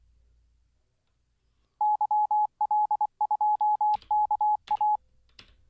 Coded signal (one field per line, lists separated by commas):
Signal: Morse code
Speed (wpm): 24 wpm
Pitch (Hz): 840 Hz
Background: none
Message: YL2KA